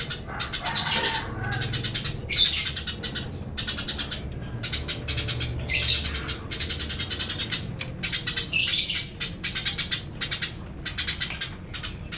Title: Suara Burung Gereja